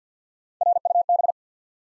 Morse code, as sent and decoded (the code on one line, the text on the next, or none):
.-. / ..- / -...
R U B